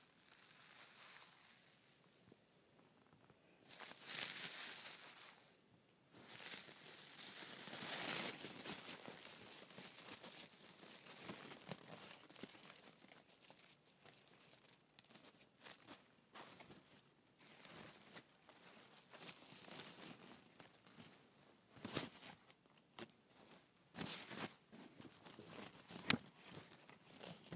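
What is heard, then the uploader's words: Gift wrapping with tissue paper: soft, bright crinkles and rustles come in irregular bursts throughout. Louder crumpling swells around 4 and 8 seconds, with sharper crackles clustering near 22 to 27 seconds, separated by quieter stretches of faint handling. ASMR Gift Wrapping and Tissue Paper.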